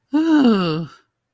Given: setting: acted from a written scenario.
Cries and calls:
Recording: vocal sound without words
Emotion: negative surprise

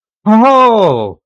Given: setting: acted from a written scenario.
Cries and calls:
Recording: vocal sound without words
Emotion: elation

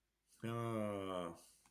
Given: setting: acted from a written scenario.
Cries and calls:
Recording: vocal sound without words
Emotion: pride

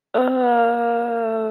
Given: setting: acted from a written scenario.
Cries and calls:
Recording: vocal sound without words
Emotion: shame

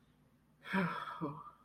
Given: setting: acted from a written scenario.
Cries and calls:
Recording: vocal sound without words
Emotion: guilt

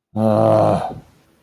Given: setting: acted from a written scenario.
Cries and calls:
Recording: vocal sound without words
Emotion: disappointment

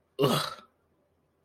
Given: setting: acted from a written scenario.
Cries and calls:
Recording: vocal sound without words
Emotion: disgust

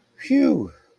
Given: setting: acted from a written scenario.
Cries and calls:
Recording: vocal sound without words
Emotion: serenity

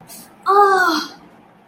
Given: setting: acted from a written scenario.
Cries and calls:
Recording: vocal sound without words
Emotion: pain

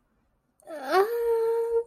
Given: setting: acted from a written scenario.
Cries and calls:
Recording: vocal sound without words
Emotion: embarrassment

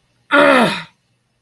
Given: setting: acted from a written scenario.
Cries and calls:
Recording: vocal sound without words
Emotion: anger

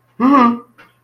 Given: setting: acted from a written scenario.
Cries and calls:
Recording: vocal sound without words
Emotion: negative surprise

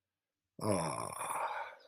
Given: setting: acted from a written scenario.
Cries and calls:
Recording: vocal sound without words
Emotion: relief

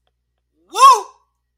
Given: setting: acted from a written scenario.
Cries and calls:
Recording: vocal sound without words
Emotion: pride

